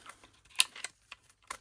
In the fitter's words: Push the lever right back. You can lock him in.